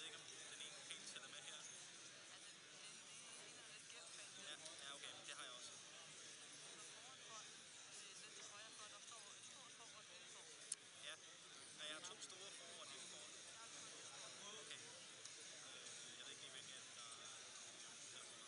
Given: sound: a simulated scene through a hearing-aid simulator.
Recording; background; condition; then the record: conversation; cafeteria; -4 dB SNR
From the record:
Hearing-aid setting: I (fast-acting compression, audibility-based gain); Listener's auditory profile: B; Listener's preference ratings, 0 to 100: 5, 13, 68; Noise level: 65 dB SPL